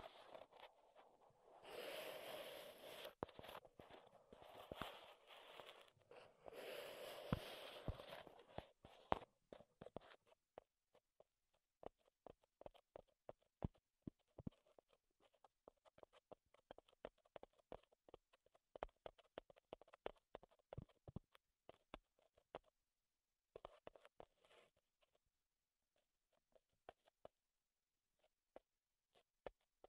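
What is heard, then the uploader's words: Wooden tapping and scratching close up, with dense rubbing for the first eight seconds, then sparse sharp taps and clicks at irregular intervals. ASMR Wood Triggers in Your Ears (No Talking).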